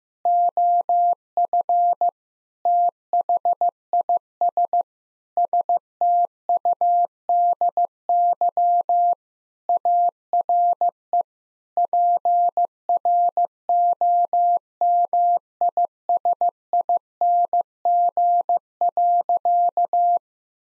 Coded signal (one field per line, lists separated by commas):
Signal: Morse code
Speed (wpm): 15 wpm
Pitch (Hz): 700 Hz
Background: none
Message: OF THIS STUDY ARE PROMISING.